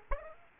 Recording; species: mosquito wingbeat signal from an infrared sensor; Aedes aegypti